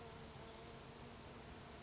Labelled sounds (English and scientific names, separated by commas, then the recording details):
Brown Creeper (Certhia americana)
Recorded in Sonoma County, California